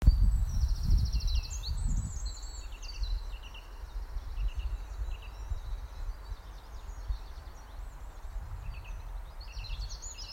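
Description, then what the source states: Bird song: high, fast twittering with rapid trills, busiest in the first half and thinning later, over a low rumble that is strongest early on. Meadow, recorded during lockdown.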